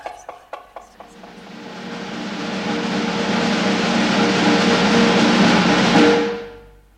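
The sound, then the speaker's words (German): Knocking signals: a handful of sharp, separate knocks speed up and merge into a loud, sustained rapid drumroll of knocking that holds for several seconds before quickly fading out. No voices. “Und so oft ich will, einen Wirbel klopfe ich auf.”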